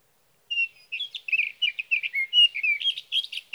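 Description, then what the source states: Sage thrasher song: a continuous run of rapid, varied warbled and buzzy phrases, starting after a half-second of silence. Male singing through the night near his night roost, evening of June 12 to morning of June 15, 2018, Sierra Valley, California; recorded with a Swift recorder.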